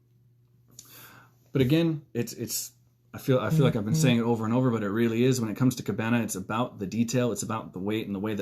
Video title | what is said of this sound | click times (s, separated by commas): Love To Shop Live 12.20.2020 featuring Kabana Jewelry | and just locks in there that way it's nice and secure | 0.8 s